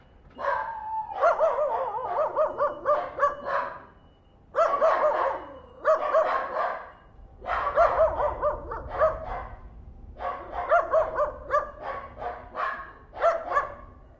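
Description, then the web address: Small dogs yapping in several bursts of quick, overlapping high barks, separated by short pauses. Three small dogs barking. "Sound Effects-Foundation 1 ANIMAL DOG SMALL THREE BARKING"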